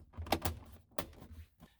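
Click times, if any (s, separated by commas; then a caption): 0.3 s, 1.0 s. A rear interior trim back panel on a 2003–2012 Saab 9-3 is fitted starting at the bottom and pressed into the car body, giving two sharp clicks at 0.3 s and 1.0 s as its plastic clips seat in two spots. The panel is seated.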